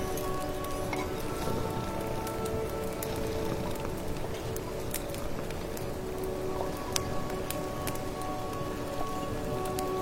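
Rustling rain falls steadily for the whole ten seconds, a dense, even patter with a low rumble beneath. Sharp ticks and crackling pops land irregularly throughout, and a faint steady hum of held tones runs underneath without change.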